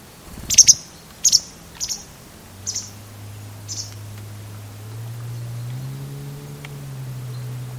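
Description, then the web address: Bird chirps, a quick run of five high, sharp notes that fade over about three seconds, with a steady low hum from midway to the end. "Deverinetal 2025 File origin Bird Only"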